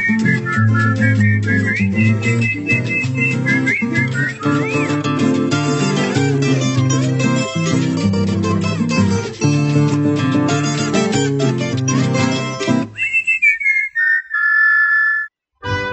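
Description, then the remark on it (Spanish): A person whistles a high, wavering melody over busy instrumental music, then the music drops away and a few clear whistled notes slide up and down on their own near the end. “En cambio Silvio sí silba Silvia, pero ella dice que no le sirve.”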